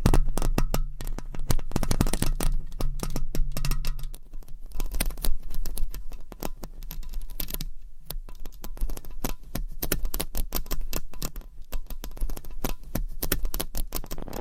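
Fingernails scratch and scrape against a microphone and its cover, making dense, rapid clicks and rustles that fill the whole clip. A low hum runs underneath, stronger during the first four seconds, and the scratching comes in uneven bursts with brief quieter gaps.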